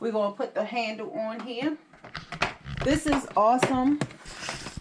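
Someone talks while fitting a plastic carry handle onto the top of a portable ice maker, with faint handling sounds between the words. The handle has not snapped into place yet; nothing has seated or clicked by the end of the clip.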